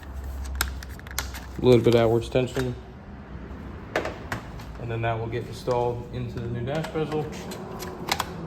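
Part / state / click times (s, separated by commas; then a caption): USB charging port module into a truck dash bezel / seated / 8.1 s, 8.2 s. Someone talks while a USB charging port module is pushed into a new plastic dash bezel on an F250 truck during a Sync 3 to Sync 4 screen upgrade, with scattered sharp handling clicks near 0.6–1.2 s and 4.0–4.3 s. The module snaps into the bezel with two quick clicks at 8.1 s and 8.2 s and is seated.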